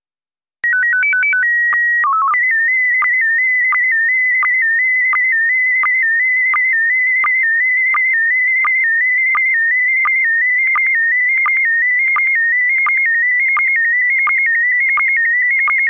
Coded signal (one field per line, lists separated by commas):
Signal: SSTV (slow-scan television)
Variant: PD 90